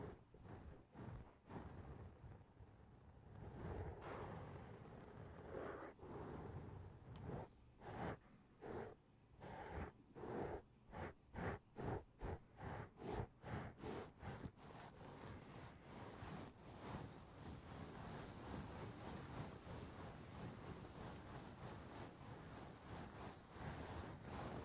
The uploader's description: tapping on the roof of your foam house